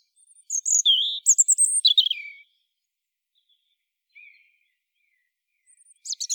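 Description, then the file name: European robin song: a short, high warbling phrase of twitters and descending whistles, a long pause, then a fresh phrase starting. "Erithacus rubecula"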